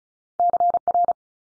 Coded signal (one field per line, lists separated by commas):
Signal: Morse code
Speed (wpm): 36 wpm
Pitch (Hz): 700 Hz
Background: none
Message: CR